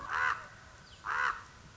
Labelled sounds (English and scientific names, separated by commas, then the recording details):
Common Raven (Corvus corax)
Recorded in Sonoma County, California